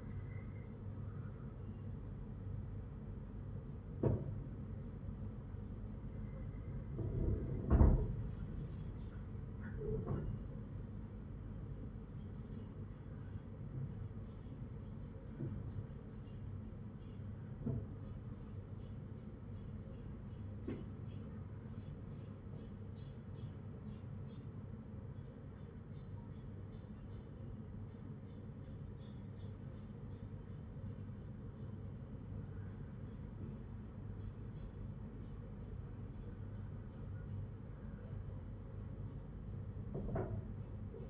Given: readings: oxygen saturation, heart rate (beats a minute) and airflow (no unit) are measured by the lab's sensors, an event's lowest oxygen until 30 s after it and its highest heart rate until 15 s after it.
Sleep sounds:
breathing in sleep by a smartphone at the bedside; 1
3.00-22.10 s: hypopnea (N2, oxygen 97% highest, then 94% lowest, heart rate 56 at the start, 58 highest)
16.00-41.10 s: new sleep stage, N1 (lightest sleep)
From the record:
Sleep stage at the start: N2 (light sleep); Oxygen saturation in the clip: 95 to 97%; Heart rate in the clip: 54 to 58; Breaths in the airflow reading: 8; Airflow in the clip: -4.5 to 4.0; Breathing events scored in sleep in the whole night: 182 in 7.4 hours asleep

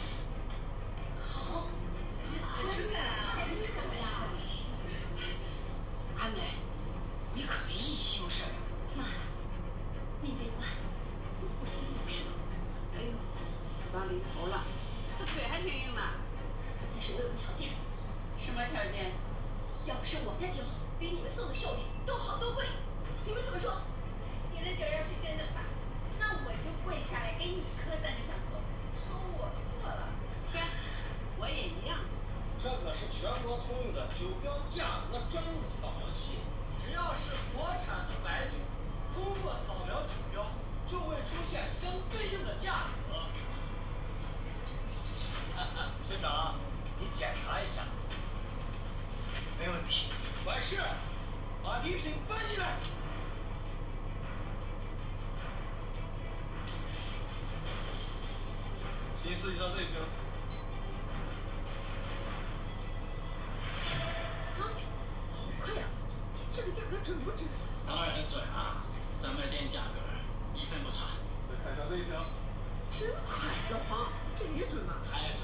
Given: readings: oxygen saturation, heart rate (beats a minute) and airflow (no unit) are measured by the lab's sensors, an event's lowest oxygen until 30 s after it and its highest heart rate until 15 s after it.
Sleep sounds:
a person awake in a sleep study, by a smartphone at the bedside; none
0.00-75.44 s: awake
From the record:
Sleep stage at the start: awake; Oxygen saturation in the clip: 93 to 94%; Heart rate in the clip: 57 to 71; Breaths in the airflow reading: 23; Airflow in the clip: -5.9 to 5.9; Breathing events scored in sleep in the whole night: 476 in 9.7 hours asleep

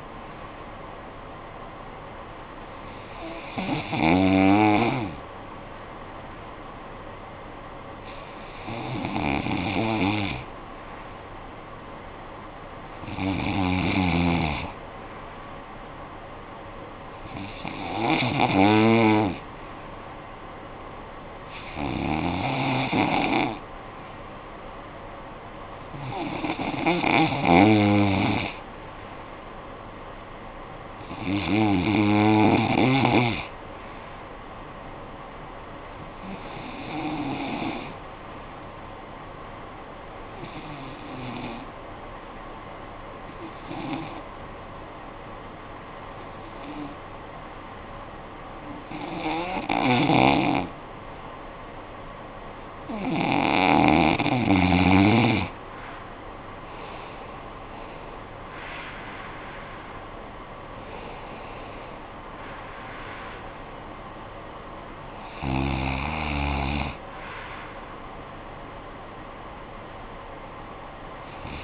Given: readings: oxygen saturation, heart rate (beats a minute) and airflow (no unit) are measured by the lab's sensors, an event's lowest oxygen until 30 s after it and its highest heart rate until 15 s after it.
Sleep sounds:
breathing in sleep by a voice recorder at the bedside; 1
38.00-52.90 s: hypopnea (REM, oxygen 93% highest, then 88% lowest, heart rate 61 at the start, 74 highest)
From the record:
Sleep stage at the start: REM sleep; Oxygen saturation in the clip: 88 to 94%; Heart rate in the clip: 53 to 74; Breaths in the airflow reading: 16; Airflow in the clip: -14.0 to 13.7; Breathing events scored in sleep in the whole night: 445 in 7.6 hours asleep

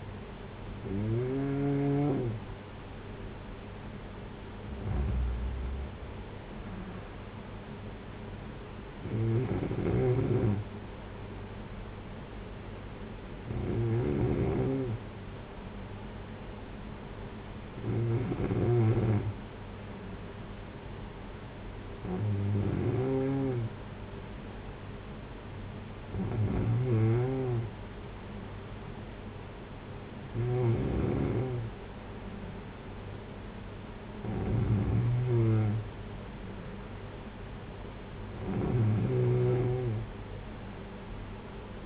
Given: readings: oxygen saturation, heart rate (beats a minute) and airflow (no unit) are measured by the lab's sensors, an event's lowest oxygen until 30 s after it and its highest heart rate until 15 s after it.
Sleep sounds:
breathing in sleep by a voice recorder at the bedside; none
none scored
From the record:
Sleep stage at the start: N2 (light sleep); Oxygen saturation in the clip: 93 to 94%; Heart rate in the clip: 52 to 58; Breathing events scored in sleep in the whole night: 226 in 8.8 hours asleep

